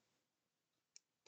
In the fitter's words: So what we want to do is we want to push the headlight now until it clicks into that clamp.